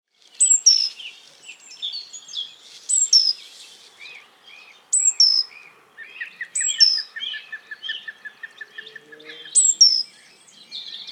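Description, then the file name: Great tit giving high, sharp downslurred calls in bursts, with a quick run of lower, evenly repeated notes in the middle of the sequence. "Parus major"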